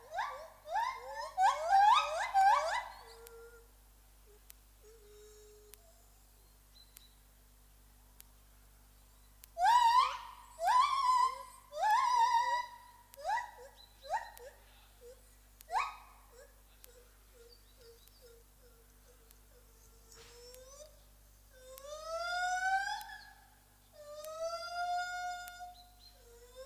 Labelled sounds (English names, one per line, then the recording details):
Lar Gibbon call
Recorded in captivity
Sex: pair
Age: adult
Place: Tiergarten Nürnberg, Bayern, DE
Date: 1998-11-13
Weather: bedeckt, ca. 2 bis 3°C
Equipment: Sony MD-WM MZ-R3, Sennheiser MKH 416 T, Kopie Uher 4000 Report Monitor
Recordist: Tembrock, Günter